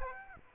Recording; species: mosquito wingbeat signal from an infrared sensor; Aedes aegypti